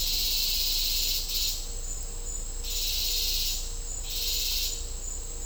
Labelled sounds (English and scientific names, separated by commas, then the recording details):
none
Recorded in dense forest near Puerto Asís, Putumayo, Colombia, on 20 December 2024 at 11:00
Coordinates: 0.499, -76.324
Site G045